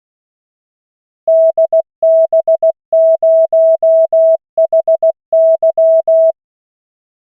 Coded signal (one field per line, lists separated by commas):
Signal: Morse code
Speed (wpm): 16 wpm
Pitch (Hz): 650 Hz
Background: none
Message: DB0HY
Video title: Learning morse code - LCWO Callsign practice - 16 WPM